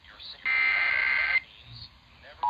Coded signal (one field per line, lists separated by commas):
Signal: Emergency Alert System (SAME) tones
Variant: header bursts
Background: speech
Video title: EAS #334-349: EAS Alert Compilation for Week of 9/13/21